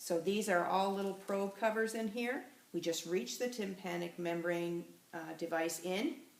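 Someone talks while reaching a tympanic thermometer probe toward the disposable plastic probe covers in their box, about to push the probe into a cover so it snaps onto the tip. The clip ends before the cover goes home; nothing has seated or clicked yet.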